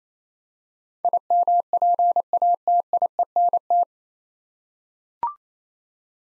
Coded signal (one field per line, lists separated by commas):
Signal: Morse code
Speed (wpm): 28 wpm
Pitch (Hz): 700 Hz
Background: none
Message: IMPATIENT